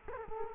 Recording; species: mosquito wingbeat signal from an infrared sensor; Culex quinquefasciatus